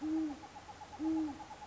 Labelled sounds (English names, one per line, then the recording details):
Great Horned Owl
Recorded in Sonoma County, California